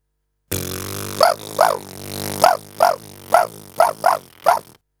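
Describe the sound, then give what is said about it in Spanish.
A steady, buzzing didgeridoo drone is punctuated by about eight sharp, loud bark-like blasts in an uneven rhythm, imitating a dingo's bark, made by projecting a "wah" sound through the buzzing lips, before the drone cuts off. “Dingo bark, ladrido.”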